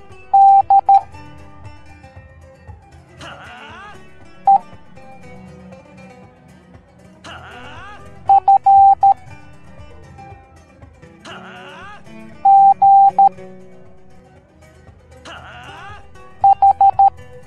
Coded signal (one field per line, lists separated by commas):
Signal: Morse code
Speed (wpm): 13 wpm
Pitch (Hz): 790 Hz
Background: music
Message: D E F G H